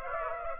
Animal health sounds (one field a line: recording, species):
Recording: mosquito wingbeat signal from an infrared sensor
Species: Aedes aegypti